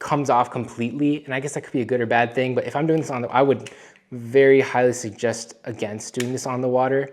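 A man talks while handling the side plate of a Daiwa Steez A II baitcasting reel, which comes off completely from the reel frame. Speech fills the clip, with a brief pause near 4.1 s. The side plate has not yet been pushed back onto the frame, and nothing has seated or clicked.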